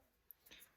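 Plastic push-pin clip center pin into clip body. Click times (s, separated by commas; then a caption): 0.3 s. A plastic push-pin trim clip from the skid plate of a 2024 Honda Rancher ATV is reset by lightly clicking its center pin and body together so they are only loosely joined, not fully locked. A small, sharp click is heard at 0.3 s, followed by faint handling noise, leaving the clip half-engaged.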